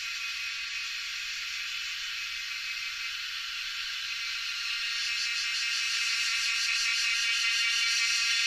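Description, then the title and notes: Cicadas in a dense, continuous buzzing chorus that fills the air, swelling louder and taking on a fast pulsing throb toward the end. Extremely loud cicada chorus at sunset in Doi Suthep national park, Thailand; recorded with a Lewitt Subzero microphone. "extremely loud cicadas during sunset, as their mesmerizing chorus fills the air in Doi Suthep national park, Thailand. Recorded by Marcel Gnauk"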